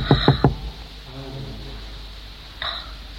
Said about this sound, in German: Da klopft einer. Hör nicht hin. Da steht einer neben unserem Wagen.